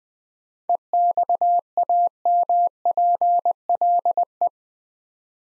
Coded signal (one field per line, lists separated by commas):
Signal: Morse code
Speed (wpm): 21 wpm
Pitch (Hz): 700 Hz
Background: none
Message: EXAMPLE